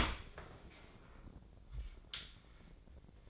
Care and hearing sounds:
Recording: daily activity, microphone in the room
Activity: open dishwasher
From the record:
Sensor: 5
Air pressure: 1012.4 hPa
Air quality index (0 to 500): 165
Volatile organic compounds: 2 ppm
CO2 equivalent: 1117 ppm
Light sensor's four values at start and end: 131/313/134/149 and 133/319/136/150

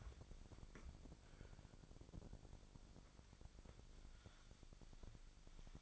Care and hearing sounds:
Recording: daily activity, microphone in the room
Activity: wipe stove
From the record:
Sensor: 5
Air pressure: 1001.7 hPa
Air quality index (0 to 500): 175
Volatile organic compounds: 10 ppm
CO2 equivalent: 2243 ppm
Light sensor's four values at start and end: 22/75/28/29 and 22/76/29/29

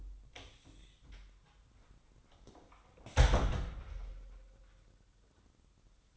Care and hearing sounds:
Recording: daily activity, microphone in the room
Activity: close door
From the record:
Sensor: 3

